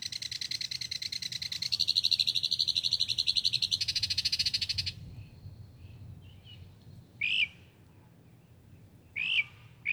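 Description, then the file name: Northern mockingbird song: a fast, buzzy pulsed trill held for about five seconds, shifting pitch midway, then sparse short sharp notes with quiet gaps. Recorded at Brownings on 14 May 2024. "Northern-Mockingbird Brownings-05-14-2024-N-Levey"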